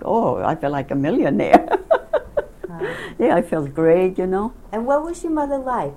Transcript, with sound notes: Oh, I felt like a millionaire. (laughs) Yeah, I felt great, you know.
And what was your mother like?